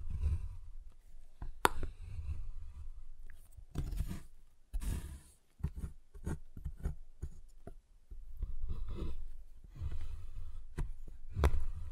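Tapping, cutting and snapping on a giant chocolate bar: a steady run of short dull knocks and scratchy scraping strokes, irregular and fairly dense. A few sharp, bright cracks stand out, near the two-second mark and again near the end, with a longer rough scrape around four to five seconds.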